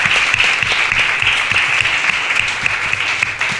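Steady, dense audience applause fills the whole stretch, a continuous loud patter of many hands clapping with no pauses and no voices standing out.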